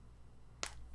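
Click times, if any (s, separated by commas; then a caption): 0.6 s. A swappable plastic fist is pressed onto the wrist ball peg of a Hasbro Marvel Legends Infinity Saga Iron Monger & Obadiah Stane action figure. Against a quiet background, a single sharp snap sounds at 0.6 s, and the hand seats onto the peg.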